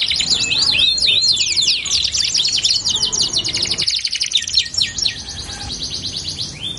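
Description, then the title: Belgian canary song with fast trills and rapid chirps in long rolling phrases, high-pitched, over faint background noise. Song used to warm up canaries and prompt them to start singing. "Canto Para Esquentar Canário Belga. LANGSUNG NYAUT. Pancingan suara kenari hitungan detik langsung ikut bunyi"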